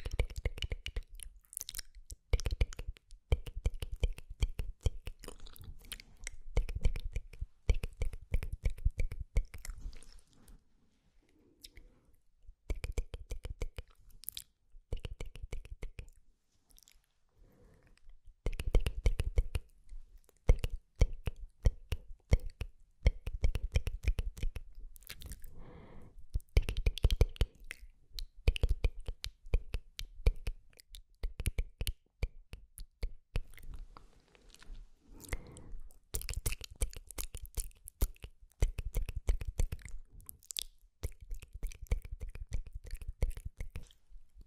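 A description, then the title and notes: Tingly mouth sounds: quick wet clicks, chewing and crunchy bites in dense bursts, broken by a few short silent pauses around 11 and 17 seconds. TINGLY MOUTH SOUNDS ASMR.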